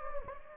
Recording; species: mosquito wingbeat signal from an infrared sensor; Anopheles gambiae